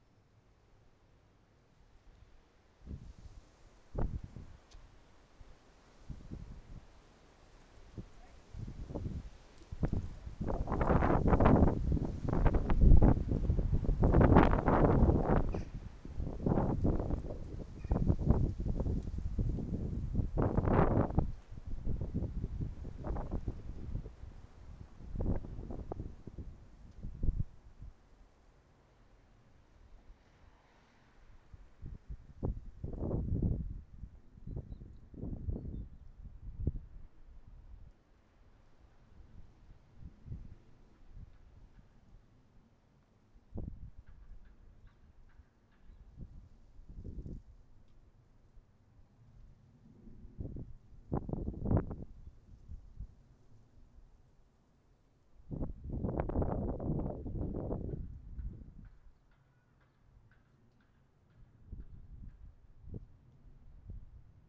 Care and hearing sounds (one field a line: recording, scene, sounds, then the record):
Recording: everyday scene through a hearing-aid microphone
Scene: wind on the microphone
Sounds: wind, traffic, birds, plane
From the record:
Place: suburban garden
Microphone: behind the ear, right, front